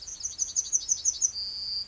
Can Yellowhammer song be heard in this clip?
yes